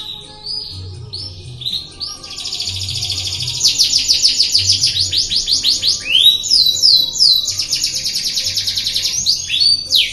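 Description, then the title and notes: Canary song with long rapid rolling trills of repeated falling notes, steady and loud, over a soft intermittent low hum. Master canary song, described as solid (mantap). "Suara Burung Kenari Masteran. master suara burung kenari mantap"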